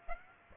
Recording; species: mosquito wingbeat signal from an infrared sensor; Aedes aegypti